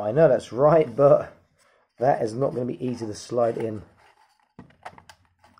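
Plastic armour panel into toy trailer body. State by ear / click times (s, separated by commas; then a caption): seated / 4.9 s. Someone talks, then a plastic armour panel is slid into its slot on a toy trailer body, giving a few small clicks and taps. It went in straight away instead of being hard to fit, and it snaps into place at 4.9 s.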